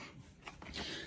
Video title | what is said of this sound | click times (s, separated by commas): Produktbewertung: roborock F25 RT Nass-Trocken-Staubsauger, 20.000 Pa kabelloser All-in-One Staubsau | Et on appuie jusqu'à entendre un clic tout simplement. Voilà. | 0.5 s